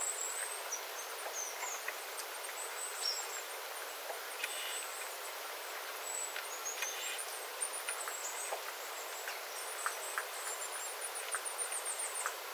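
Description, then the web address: Small birds uttering faint, very high thin calls in a loose series, mixed with scattered drips of water and a steady background hiss. Small flock of small birds calling on 9 September 2025 after rain, with water dripping from the eaves. "paivat 9 9 2025 pikkulintuparven aantelya vesi tippuu raystaalta sateen jalkeen"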